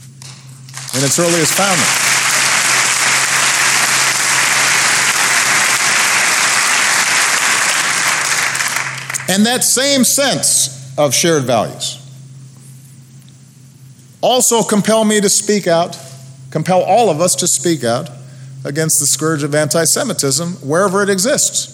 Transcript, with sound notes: in its earliest founding. (Applause.)
And that same sense of shared values also compel me to speak out -- compel all of us to speak out -- against the scourge of anti-Semitism wherever it exists.